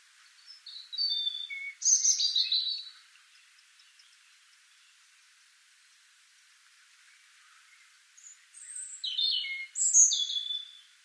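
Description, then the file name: European robin singing two separate bursts of high, wavering warbles and thin sliding notes, divided by several seconds of near silence. "Erithacus rubecula"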